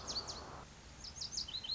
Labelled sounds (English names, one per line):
Lazuli Bunting